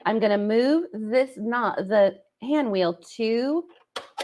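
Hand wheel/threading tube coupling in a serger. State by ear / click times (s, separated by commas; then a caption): seated / 4.0 s. Someone talks while moving a serger's hand wheel into the air-threading position, with a button pushed down, so the looper threading tubes connect. A sharp click is heard at 4.0 s as the hand wheel seats into threading position and the tubes connect, ready for threading after failing earlier because the hand wheel was not in place.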